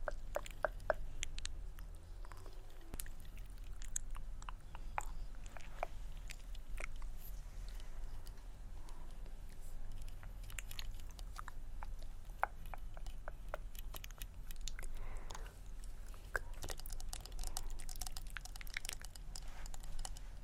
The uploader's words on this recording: ASMR Extremely Tingly Layered Sounds For Sleep (Scratching, Tktk, Mouth Sounds, Tapping).